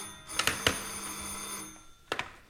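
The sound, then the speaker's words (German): An old-fashioned telephone bell rings in two short bursts of rapid metallic clangs separated by a brief pause, its bright tone lingering between strikes; the call is from the mayor, asking for Commissioner Maigret. No voices are heard. “Der Bürgermeister verlangt Kommissar Maigret am Telefon.”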